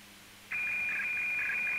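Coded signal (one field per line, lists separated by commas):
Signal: weather fax (radiofax)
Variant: 120 lines per minute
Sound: sudden warbling tone band between two pitches, steady high whistle with rapid fluttering texture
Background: faint low hum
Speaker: here you can hear the the two tones going back and forth and then the print out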